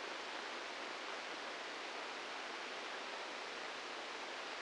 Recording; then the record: brain microelectrode recording played as sound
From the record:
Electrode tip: inside the subthalamic nucleus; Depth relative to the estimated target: -3 mm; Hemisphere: right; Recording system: NeuroSet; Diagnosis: Parkinson's disease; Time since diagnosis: 15 years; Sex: female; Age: 59 years